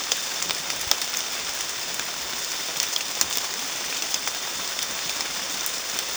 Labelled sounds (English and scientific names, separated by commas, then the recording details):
none
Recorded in secondary vegetation near Puerto Asís, Putumayo, Colombia, on 25 June 2025 at 14:00
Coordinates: 0.485, -76.322
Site GP06